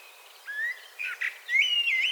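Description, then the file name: Common blackbird producing clear fluty whistles: a short rising note, a pair of brief notes, then a longer wavering whistle. "Turdus merula 181122"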